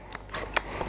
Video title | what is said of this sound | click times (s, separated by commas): [Classic Army] M24 Military - Upgrade (fr) | tac, jusqu'au clic, vous avez entendu, | 0.6 s